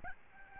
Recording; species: mosquito wingbeat signal from an infrared sensor; Aedes albopictus